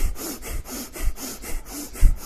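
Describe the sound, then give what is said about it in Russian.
Forceful, rapid shallow bhastrika (bellows) yoga breathing through the nose, done very strongly and powerfully as the last cycle of a breathing exercise, with about five sharp, noisy whooshing strokes in a steady, quick rhythm. It sounds harsh and raspy, almost like sawing, with no talking. “И последний цикл у нас сейчас вот будет бхастрика, поверхностная бхастрика, очень сильно, мощно дышим.”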